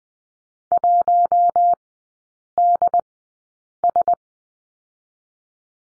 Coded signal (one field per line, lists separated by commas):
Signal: Morse code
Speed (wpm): 20 wpm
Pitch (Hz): 700 Hz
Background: none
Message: 1DS